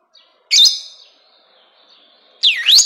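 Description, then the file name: Rosy-faced lovebird uttering two loud, piercing screechy notes joined by a thin drawn-out tone. "canto do inseparavel de faces rosadas"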